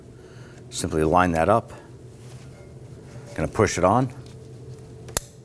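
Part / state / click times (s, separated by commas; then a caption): electric parking brake wiring connector onto rear brake caliper motor / seated / 5.2 s. A plastic electronic parking brake wiring connector is lined up and pushed onto the motor of a new rear brake caliper on a 2018–2024 Toyota Camry. Someone talks, then after a quiet pause a sharp, short click is heard at 5.2 s as the connector locks into place and is seated.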